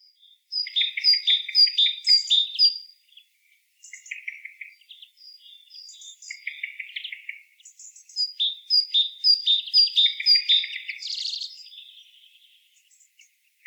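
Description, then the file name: Great tit calls in rapid runs of bright, clipped notes, mixed with lower trilled phrases and a brief buzzy burst near the end, with short pauses between bursts. "Parus major"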